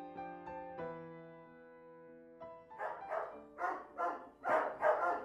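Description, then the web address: Dog barks in a quick run of loud barks in the second half, after a quieter tonal opening. Recorded inside a dog boarding house. "sound dog-boarding-house. صدای-فضای-داخلی-پانسیون-سگها"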